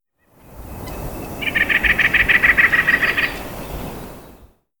White-breasted Nuthatch call recorded at the Alluvial Fan in Rocky Mountain National Park.